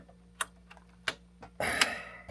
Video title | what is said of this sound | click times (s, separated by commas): Cobbling Together a PC from 12 year old leftover components in attic | heard solid clicks there they are mounted this to positive | 0.4 s, 1.1 s